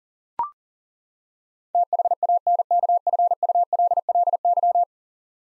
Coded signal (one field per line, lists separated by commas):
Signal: Morse code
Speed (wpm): 40 wpm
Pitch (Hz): 700 Hz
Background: none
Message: THANKFULLY